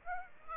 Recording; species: mosquito wingbeat signal from an infrared sensor; Aedes aegypti